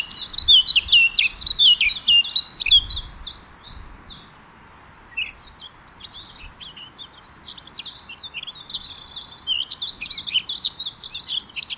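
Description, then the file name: Eurasian blackcap song: loud rapid chattering phrases at the start, then a sustained high warble with scattered sharp notes continuing throughout. "Sylvia atricapilla"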